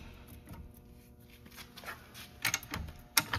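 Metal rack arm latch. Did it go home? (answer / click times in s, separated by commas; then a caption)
yes / 3.2 s. The arm of a Swagman E-Spec hitch-mount e-bike rack is folded back up into its locked position. A few soft knocks and rattles lead to a loud, sharp click at 3.2 s, followed by a smaller tap. The arm locks into place and is secured.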